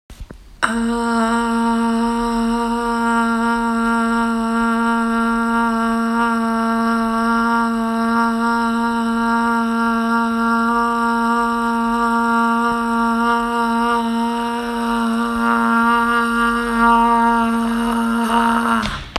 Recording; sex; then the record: sustained vowel /a/; female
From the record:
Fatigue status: no fatigue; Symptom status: asymptomatic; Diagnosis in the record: COVID-19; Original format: m4a